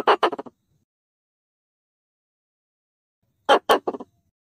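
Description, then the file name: Pallas's squirrel calls with two harsh, grating bursts of four to five rapid notes, separated by about three seconds of silence. Calling the group. "tieng soc bung do keu goi dan"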